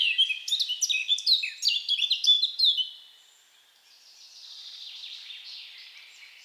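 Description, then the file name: Eurasian blackcap song, a bright chattering warble of rapid varied notes lasting about three seconds, then only a soft background hiss. "Sylvia atricapilla"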